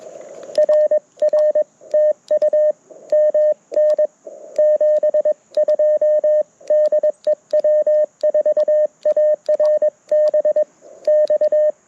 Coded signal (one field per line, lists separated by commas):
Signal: Morse code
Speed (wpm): 21 wpm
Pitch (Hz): 1800 Hz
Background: none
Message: RR TU MN 72 DE W4ARB X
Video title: QRP CW with the Mountain Topper MTR4B V2 - Morse Code Monday #5